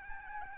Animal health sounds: mosquito wingbeat signal from an infrared sensor; Aedes albopictus

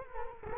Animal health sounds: mosquito wingbeat signal from an infrared sensor; Culex quinquefasciatus

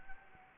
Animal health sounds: mosquito wingbeat signal from an infrared sensor; Anopheles gambiae

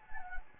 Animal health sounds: mosquito wingbeat signal from an infrared sensor; Anopheles gambiae

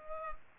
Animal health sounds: mosquito wingbeat signal from an infrared sensor; Culex pipiens

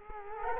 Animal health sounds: mosquito wingbeat signal from an infrared sensor; Culex quinquefasciatus

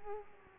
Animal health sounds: mosquito wingbeat signal from an infrared sensor; Aedes aegypti

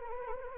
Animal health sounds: mosquito wingbeat signal from an infrared sensor; Anopheles arabiensis

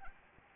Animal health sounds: mosquito wingbeat signal from an infrared sensor; Anopheles gambiae

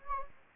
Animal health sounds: mosquito wingbeat signal from an infrared sensor; Anopheles gambiae

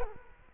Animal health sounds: mosquito wingbeat signal from an infrared sensor; Culex quinquefasciatus

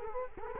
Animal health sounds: mosquito wingbeat signal from an infrared sensor; Culex quinquefasciatus

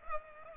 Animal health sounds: mosquito wingbeat signal from an infrared sensor; Culex pipiens

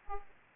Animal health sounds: mosquito wingbeat signal from an infrared sensor; Aedes aegypti

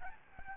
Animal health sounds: mosquito wingbeat signal from an infrared sensor; Aedes albopictus

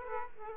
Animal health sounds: mosquito wingbeat signal from an infrared sensor; Aedes aegypti

